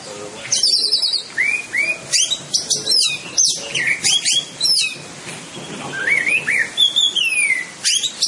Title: Anis Merah